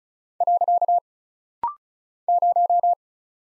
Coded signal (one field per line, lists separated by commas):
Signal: Morse code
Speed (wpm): 36 wpm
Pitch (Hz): 700 Hz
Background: none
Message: . 0